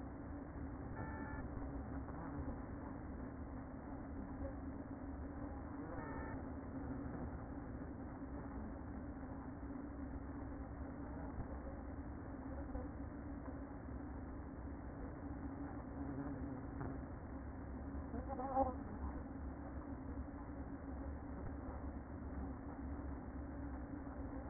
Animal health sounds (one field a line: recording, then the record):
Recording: honeybee colony, microphone inside the hive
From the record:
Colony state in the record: queen present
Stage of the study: after two queens were removed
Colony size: about 60,000 bees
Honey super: yes